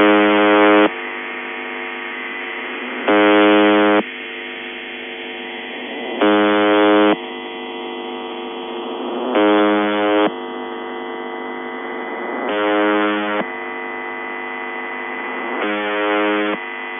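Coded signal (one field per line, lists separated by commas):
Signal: channel marker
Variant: UVB-76 (The Buzzer)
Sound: about six harsh, low, roughly one-second buzzes, evenly spaced about 3 seconds apart, with hiss between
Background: radio static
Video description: Clean sample of The Buzzer UVB-76 or S28 Russian channel marker 4625 kHz, believed to be part of the Western Military District HF network.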